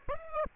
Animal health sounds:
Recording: mosquito wingbeat signal from an infrared sensor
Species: Aedes aegypti

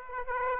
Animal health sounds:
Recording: mosquito wingbeat signal from an infrared sensor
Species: Aedes aegypti

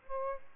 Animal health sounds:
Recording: mosquito wingbeat signal from an infrared sensor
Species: Aedes albopictus

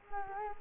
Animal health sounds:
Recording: mosquito wingbeat signal from an infrared sensor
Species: Culex quinquefasciatus

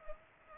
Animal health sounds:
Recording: mosquito wingbeat signal from an infrared sensor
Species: Culex pipiens

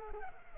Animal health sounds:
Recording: mosquito wingbeat signal from an infrared sensor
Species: Culex pipiens

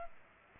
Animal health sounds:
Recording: mosquito wingbeat signal from an infrared sensor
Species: Culex pipiens

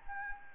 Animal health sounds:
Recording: mosquito wingbeat signal from an infrared sensor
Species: Anopheles gambiae

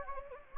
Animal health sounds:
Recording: mosquito wingbeat signal from an infrared sensor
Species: Anopheles gambiae

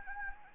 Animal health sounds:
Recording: mosquito wingbeat signal from an infrared sensor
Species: Anopheles gambiae

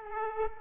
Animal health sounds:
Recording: mosquito wingbeat signal from an infrared sensor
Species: Aedes aegypti

